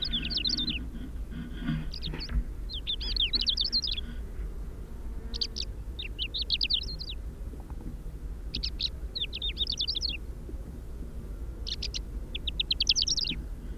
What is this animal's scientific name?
Calandrella brachydactyla